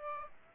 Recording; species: mosquito wingbeat signal from an infrared sensor; Aedes aegypti